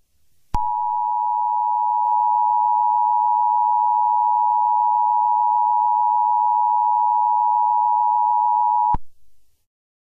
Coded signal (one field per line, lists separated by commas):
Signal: Emergency Alert System (SAME) tones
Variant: 853 and 960 Hz attention tone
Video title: EAS broadcasting for updates on my channel